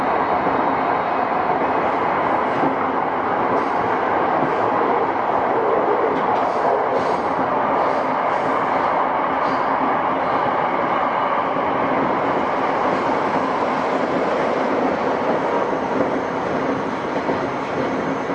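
A Tokyo Metro 05 series wide-door train runs steadily with a dense, even rumble and hiss, occasional faint clicks, and no pauses.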